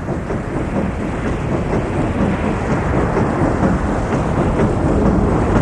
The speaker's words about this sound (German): Die Maschine steht unter Volldampf. Wir halten direkt im Kurs gegen die Windrichtung und werden so den Taifun abwettern.